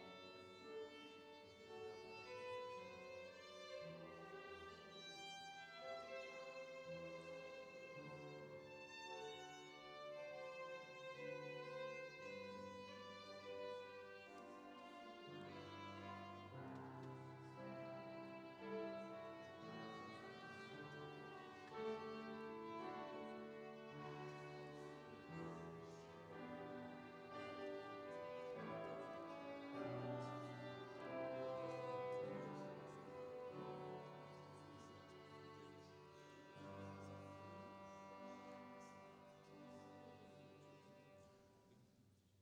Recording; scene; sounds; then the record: everyday scene through a hearing-aid microphone; reverberant space; music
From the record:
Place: church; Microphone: in the ear canal, right